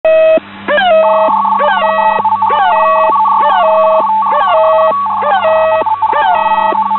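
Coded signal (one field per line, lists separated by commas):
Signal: unidentified radio signal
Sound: fast warbling two-tone data near 1 kHz, with a honking chirp roughly every 0.8 seconds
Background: radio static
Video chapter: 00:00 - Unknown FSK (4311 kHz)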